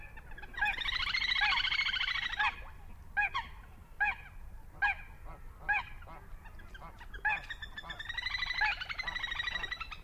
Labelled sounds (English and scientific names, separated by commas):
Little Crake (Porzana parva)